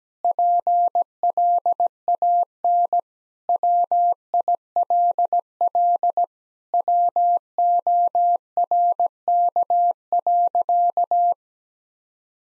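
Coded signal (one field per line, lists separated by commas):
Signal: Morse code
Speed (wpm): 17 wpm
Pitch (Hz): 700 Hz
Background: none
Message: PLAN WILL WORK.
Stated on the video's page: Morse practice at 17 wpm: sentences with common three-word phrases, first words spoken, each sentence sent, spoken, then sent again.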